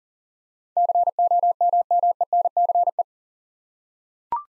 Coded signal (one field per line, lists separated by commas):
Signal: Morse code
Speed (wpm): 41 wpm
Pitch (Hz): 700 Hz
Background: none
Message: COMMENCE